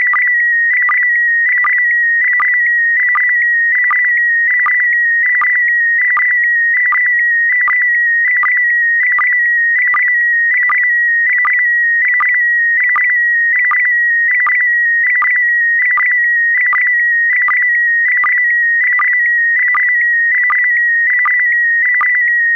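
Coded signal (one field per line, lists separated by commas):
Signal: SSTV (slow-scan television)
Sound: steady high warbling tone with short regular low clicks about every three-quarter second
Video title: Daily Minutes, 16 december2018 (Nieuws (Engels) + meer dan 10 min. SSTV en data)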